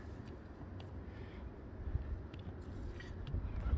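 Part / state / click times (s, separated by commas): wiper blade adapter onto wiper arm hook / not seated / none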